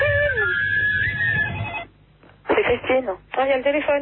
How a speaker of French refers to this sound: Oh, il y a le téléphone.